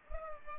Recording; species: mosquito wingbeat signal from an infrared sensor; Culex pipiens